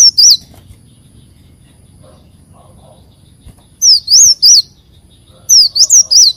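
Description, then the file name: Leafbird song: a short burst of high whistled, up-and-down notes, a quiet pause, then two more quick bursts of bright looping whistles near the end. "Tieng chim xanh tim"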